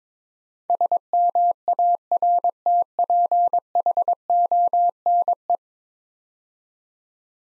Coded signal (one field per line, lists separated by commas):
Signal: Morse code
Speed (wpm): 22 wpm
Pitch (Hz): 700 Hz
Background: none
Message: SMARTPHONE